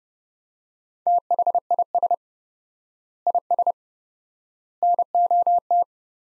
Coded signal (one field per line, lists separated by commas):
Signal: Morse code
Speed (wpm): 30 wpm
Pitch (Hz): 700 Hz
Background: none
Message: THIS IS NOT